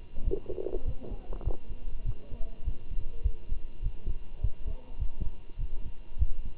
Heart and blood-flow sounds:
heart sounds by stethoscope; between the tricuspid and mitral areas; 101 bpm
0.25 s: heartbeat
0.86 s: heartbeat
1.45 s: heartbeat
2.06 s: heartbeat
2.65 s: heartbeat
3.24 s: heartbeat
3.83 s: heartbeat
4.42 s: heartbeat
5.00 s: heartbeat
5.59 s: heartbeat
6.19 s: heartbeat
From the record:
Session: walking at 3.7 km/h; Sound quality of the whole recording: good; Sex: male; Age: 23 years

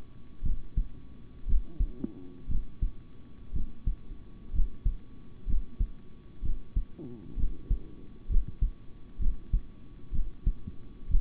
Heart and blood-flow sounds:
heart sounds by stethoscope; between the tricuspid and mitral areas; 62 bpm
0.42 s: heartbeat
1.46 s: heartbeat
2.48 s: heartbeat
3.52 s: heartbeat
4.52 s: heartbeat
5.46 s: heartbeat
6.42 s: heartbeat
7.36 s: heartbeat
8.28 s: heartbeat
9.18 s: heartbeat
10.11 s: heartbeat
11.08 s: heartbeat
From the record:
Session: rest, sitting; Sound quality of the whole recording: good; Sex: male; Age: 26 years

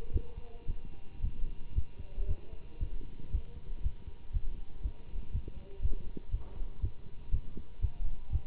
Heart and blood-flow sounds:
heart sounds by stethoscope; between the tricuspid and mitral areas; 117 bpm
0.12 s: heartbeat
0.67 s: heartbeat
1.21 s: heartbeat
1.74 s: heartbeat
2.27 s: heartbeat
2.79 s: heartbeat
3.31 s: heartbeat
3.82 s: heartbeat
4.32 s: heartbeat
4.82 s: heartbeat
5.32 s: heartbeat
5.81 s: heartbeat
6.31 s: heartbeat
6.81 s: heartbeat
7.31 s: heartbeat
7.81 s: heartbeat
8.31 s: heartbeat
From the record:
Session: Bruce protocol treadmill stress test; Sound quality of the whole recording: good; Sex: male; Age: 24 years

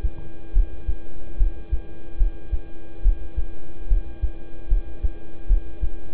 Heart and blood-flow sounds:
heart sounds by stethoscope; between the tricuspid and mitral areas; 73 bpm
0.53 s: heartbeat
1.37 s: heartbeat
2.17 s: heartbeat
3.02 s: heartbeat
3.88 s: heartbeat
4.68 s: heartbeat
5.47 s: heartbeat
From the record:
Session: rest, lying down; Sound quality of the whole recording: good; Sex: male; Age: 26 years

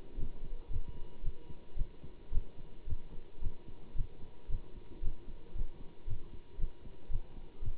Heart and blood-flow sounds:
heart sounds by stethoscope; between the tricuspid and mitral areas; 113 bpm
0.17 s: heartbeat
0.69 s: heartbeat
1.22 s: heartbeat
1.76 s: heartbeat
2.31 s: heartbeat
2.86 s: heartbeat
3.40 s: heartbeat
3.95 s: heartbeat
4.49 s: heartbeat
5.01 s: heartbeat
5.54 s: heartbeat
6.06 s: heartbeat
6.58 s: heartbeat
7.10 s: heartbeat
7.61 s: heartbeat
From the record:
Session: Bruce protocol treadmill stress test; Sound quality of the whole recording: good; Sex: male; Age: 25 years

